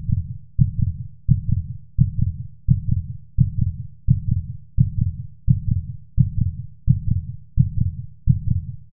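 Regular low-pitched adult heartbeat at about 86 beats a minute. Each beat is a paired thump followed by a softer low rumble before the next. The rhythm stays steady throughout, with no notable background noise.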